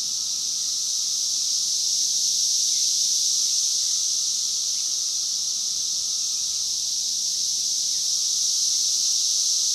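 Cicada giving one unbroken, even, high-pitched buzzing hiss that holds level from start to finish.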